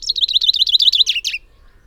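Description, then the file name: Common chaffinch singing a short burst of quick, high repeated notes that close with a brief flourish, then silence. "Fringilla coelebs"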